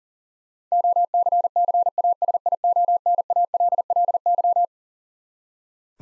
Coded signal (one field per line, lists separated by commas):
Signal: Morse code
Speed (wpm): 40 wpm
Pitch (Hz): 700 Hz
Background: none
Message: OCCASIONALLY